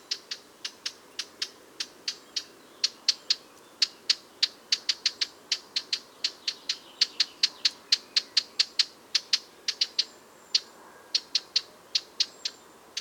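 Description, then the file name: Eurasian blackcap calling with a long run of sharp ticking tac notes, hard and clicky, with brief pauses in the series. "Sylvia atricapilla"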